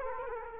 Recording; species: mosquito wingbeat signal from an infrared sensor; Culex quinquefasciatus